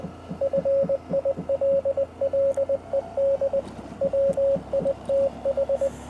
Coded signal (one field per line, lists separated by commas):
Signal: Morse code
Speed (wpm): 20 wpm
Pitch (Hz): 550 Hz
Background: radio noise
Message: FILLED WITH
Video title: Honda Monkey in search of Morse Code Mountainside Pt3